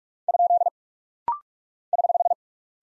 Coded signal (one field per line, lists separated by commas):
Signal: Morse code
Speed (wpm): 44 wpm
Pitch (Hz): 700 Hz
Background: none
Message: ? <HH>